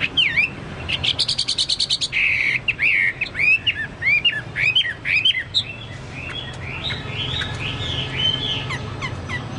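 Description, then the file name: Chinese hwamei song: a fast rattling trill, then varied sweeping whistled notes that grow softer toward the end, low hum behind. "hwamei-2-omkicau"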